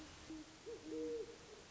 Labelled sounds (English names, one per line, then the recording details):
Great Horned Owl
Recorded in Sonoma County, California